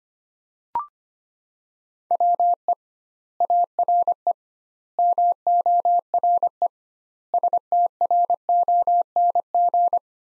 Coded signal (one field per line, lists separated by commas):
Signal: Morse code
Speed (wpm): 25 wpm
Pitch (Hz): 700 Hz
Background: none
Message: WE ARE MORE STRONG